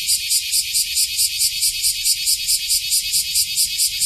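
Cicada producing a harsh, high buzz that throbs in rapid, regular beats with no pause.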